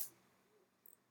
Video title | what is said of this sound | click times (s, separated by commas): POLDIAC by mmvapors.com Mechanical Mod Tutorial | it'll snap right in that's in right now | 0.9 s